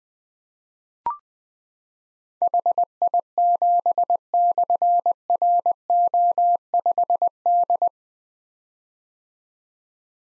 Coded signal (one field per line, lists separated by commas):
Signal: Morse code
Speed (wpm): 20 wpm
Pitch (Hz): 700 Hz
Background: none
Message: HI7/RO5D